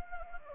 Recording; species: mosquito wingbeat signal from an infrared sensor; Anopheles gambiae